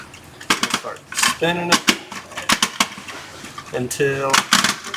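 A replacement-seal cartridge assembly is rotated on a 308 toilet flush valve body, its notches lined up so it will twist-lock into the two notches on the valve's side, plastic on plastic, as part of replacing the seal to stop leaks. Sharp plastic taps and scraping rattles are heard while someone talks. Nothing has seated or locked into place yet.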